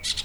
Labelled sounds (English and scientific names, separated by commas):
Brown-throated Parakeet (Eupsittula pertinax) contact call